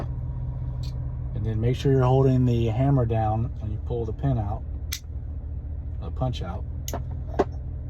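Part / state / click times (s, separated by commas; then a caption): hammer spring in rifle trigger assembly / released / 7.4 s. Someone talks while holding the hammer down and pulling the pin out with a punch from the trigger assembly of an Ohio Ordinance Works 1918A3 SLR rifle. A sharp metallic click is heard at 7.4 seconds as the hammer spring shifts. The spring is released.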